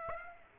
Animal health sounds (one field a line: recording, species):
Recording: mosquito wingbeat signal from an infrared sensor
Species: Aedes aegypti